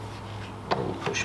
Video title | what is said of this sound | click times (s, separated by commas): New Blinds in a Rental | it back on this side too and that will clip click in boom okay | 1.1 s